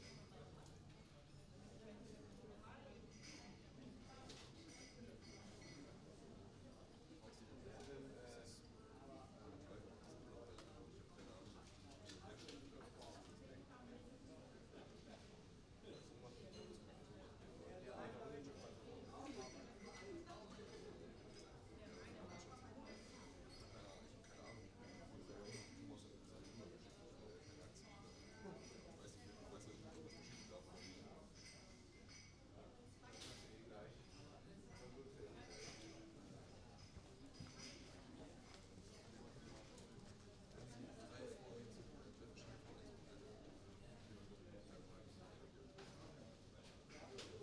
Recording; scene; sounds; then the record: everyday scene through a hearing-aid microphone; many people talking; many voices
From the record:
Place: university cafeteria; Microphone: in the ear canal, right